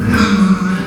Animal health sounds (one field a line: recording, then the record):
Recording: squeal of a Yucatan mini pig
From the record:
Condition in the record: after surgery on the right vocal fold (resection and tissue-engineered implant)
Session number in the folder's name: 13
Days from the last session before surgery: 113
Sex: female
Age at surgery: 19 weeks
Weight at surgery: 25 kg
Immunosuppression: prednisolone